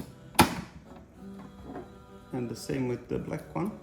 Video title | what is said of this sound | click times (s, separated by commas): HP DeskJet 4828 Honest Review - Is it any good? | all the way until it snaps | 0.4 s